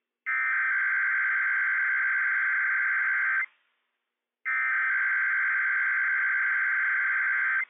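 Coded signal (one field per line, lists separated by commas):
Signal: Emergency Alert System (SAME) tones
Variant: header bursts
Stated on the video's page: Required weekly test issued by civil authorities for the Inland Northwest on WWF56.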